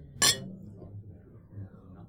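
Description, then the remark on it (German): Two beer glasses knock together in a toast with a single bright clink, sharp and short, followed by a low, steady background rumble with no talking. “2 Bier, bitte sehr. Danke. Oh, danke.”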